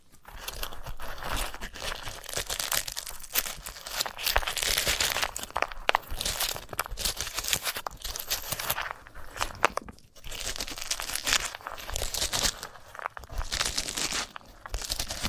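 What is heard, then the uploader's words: A sunflower head is handled and rubbed, giving a dense run of dry crackling, crunching and crinkling sounds that fill the highs. The texture comes in bursts of a second or two, with brief near-silent breaks around 6, 10 and 13 seconds. ASMR of a Sunflower Head (No Talking).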